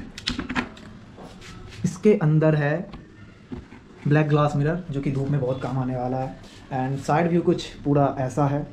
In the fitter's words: इधर आपका visor lock हो गया इसके बाद इसके